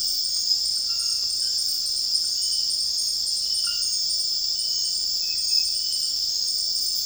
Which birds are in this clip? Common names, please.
none